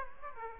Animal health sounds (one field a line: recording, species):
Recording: mosquito wingbeat signal from an infrared sensor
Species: Aedes aegypti